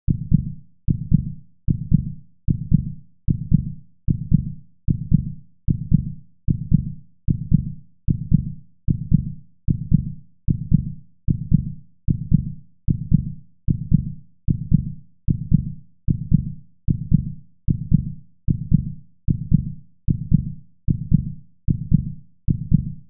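A heartbeat sound from an adult heart.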